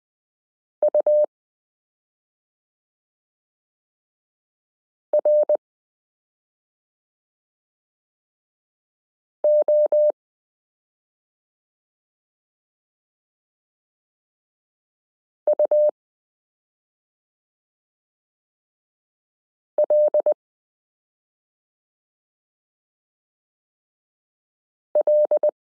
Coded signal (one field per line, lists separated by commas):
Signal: Morse code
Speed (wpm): 20 wpm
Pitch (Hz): 600 Hz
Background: none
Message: UROULL